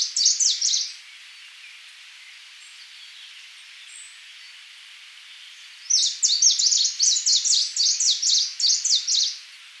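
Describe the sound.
Nitidus bird song: brief burst of rapid, sharp, high-pitched notes, a quiet pause of about five seconds, then a longer rattling phrase of repeated high chips.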